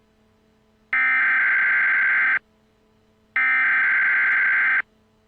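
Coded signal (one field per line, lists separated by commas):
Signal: Emergency Alert System (SAME) tones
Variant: header bursts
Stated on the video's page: Fictional EAS scenario.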